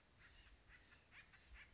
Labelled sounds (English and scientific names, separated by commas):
Acorn Woodpecker (Melanerpes formicivorus)